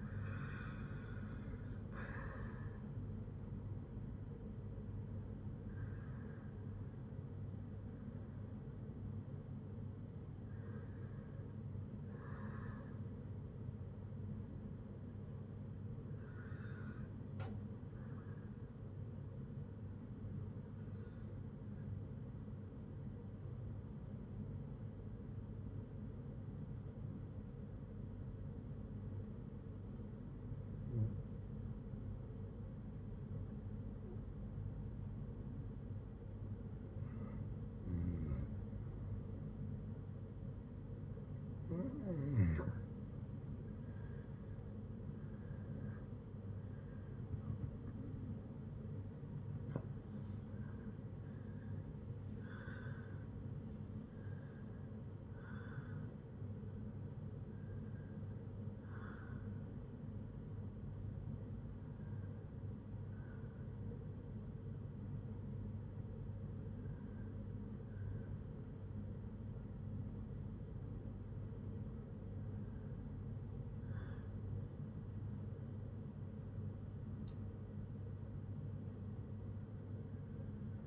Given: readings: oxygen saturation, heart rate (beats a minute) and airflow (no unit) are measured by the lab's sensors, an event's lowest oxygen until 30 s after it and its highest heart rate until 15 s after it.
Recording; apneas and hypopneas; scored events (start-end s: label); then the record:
breathing in sleep by a smartphone at the bedside; 1
19.00-48.20 s: hypopnea (REM, oxygen 97% highest, then 92% lowest, heart rate 55 at the start, 87 highest)
43.00-80.86 s: new sleep stage, N1 (lightest sleep)
From the record:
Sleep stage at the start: REM sleep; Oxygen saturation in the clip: 91 to 97%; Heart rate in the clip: 55 to 87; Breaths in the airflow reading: 17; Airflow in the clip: -10.4 to 8.8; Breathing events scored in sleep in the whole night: 182 in 7.4 hours asleep